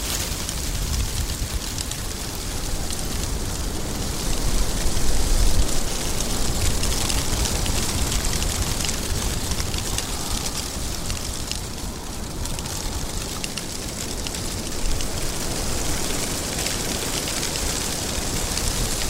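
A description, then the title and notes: Wind rushes through tree leaves in a steady, dense hiss that fills the whole range, brightest in the upper rustle. The level holds nearly constant, swelling slightly around five seconds and easing a little near twelve, with a faint low rumble underneath. The sound of the wind blowing through the leaves of the trees. The calming rustling sound of the leaves.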